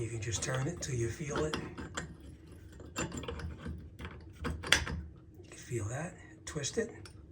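Someone talks while handling a GU10 halogen/LED spotlight bulb, pushing its two prongs up into a ceiling light fixture's twist-lock socket and twisting it, with faint sharp handling ticks and scrapes, the loudest near 4.7 seconds. The bulb has not yet locked into the socket, and nothing has seated or clicked yet.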